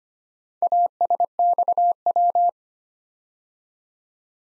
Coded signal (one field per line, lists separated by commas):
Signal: Morse code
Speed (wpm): 25 wpm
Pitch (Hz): 700 Hz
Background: none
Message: ASXW